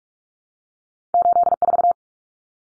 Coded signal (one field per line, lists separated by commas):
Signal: Morse code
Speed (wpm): 44 wpm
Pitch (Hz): 700 Hz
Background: none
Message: 84